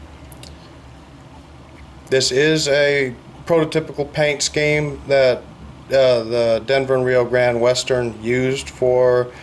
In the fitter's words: the door does open and it kind of snaps back into place